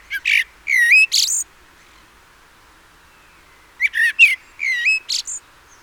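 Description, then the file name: Common blackbird calls: two bursts of high, squeaky, whistled notes with chattering edges, a quiet gap of about two seconds between them. "Turdus merula"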